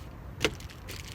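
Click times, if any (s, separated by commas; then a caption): 0.4 s. A magnet-backed insulated window cover is pressed against the metal van window frame and snaps onto it with a sharp click at 0.4 seconds, followed by a few faint ticks and low background rumble. The panel seats in place and stays there.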